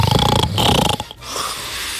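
A rough, fluttering, low-pitched rattle lasts about one second, then gives way to quiet breathing and faint background noise. This is an ordinary snore from a sleeping adult, made by vibrating soft tissue in the throat during sleep.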